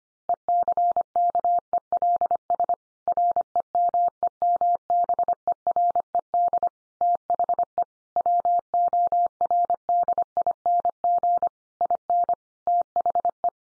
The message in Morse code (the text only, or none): ECKELS REMEMBERED THE WORDING IN THE